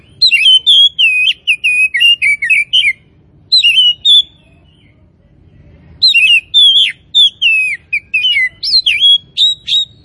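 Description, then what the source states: Oriental magpie-robin singing loud, varied whistled phrases with quick trills, pausing briefly and then continuing energetically. Kacer from Tretes; described as gacor, singing actively and persistently.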